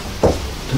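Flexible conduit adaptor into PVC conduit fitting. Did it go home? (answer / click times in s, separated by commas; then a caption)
no / none. A flexible conduit adaptor is screwed or pushed into a PVC conduit fitting again, producing a single dull knock at about 0.2 s over low background noise. The adaptor still does not engage, and nothing has seated or clicked.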